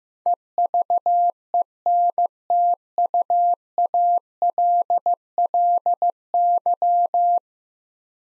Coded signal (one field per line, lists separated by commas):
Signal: Morse code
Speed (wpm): 15 wpm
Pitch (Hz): 700 Hz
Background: none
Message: EVENTUALLY